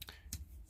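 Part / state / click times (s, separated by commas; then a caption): folding knife blade in its handle backspring / seated / 0.3 s. The steel spear point blade of a Taylors Eye Witness slip-joint jack knife, just over 2 to about 2.5 inches long, is rotated in its handle until the backspring catches it at the half-stop detent. Two faint ticks at 0.0 and 0.1 s lead up to a sharp, bright click at 0.3 s. The blade seats solidly in the half stop, not spongy.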